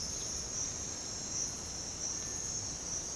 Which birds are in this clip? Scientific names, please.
Crypturellus cinereus